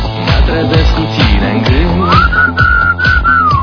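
A person whistles a short, wavering melody over a busy, rhythmic music backing, the high whistled notes sliding and repeating in the latter half.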